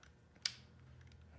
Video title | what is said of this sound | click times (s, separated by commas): Festool carvex unboxing/review | and it'll lock into place. | 0.5 s